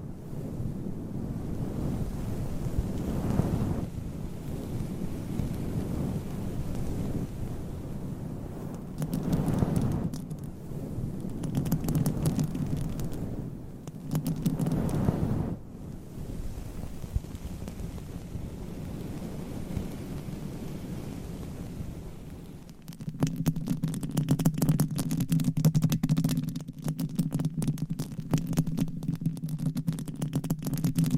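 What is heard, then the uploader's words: Long nails scratch and rub against microphones in muffled strokes, mostly a low rumbling hiss with brighter swells around 3, 9, 12 and 15 seconds. From about 23 seconds the sound turns denser and crackly, with rapid ticking clicks over a steady low drone. ASMR Mic Scratching with the World's LONGEST Nails & 9 Mics No Talking.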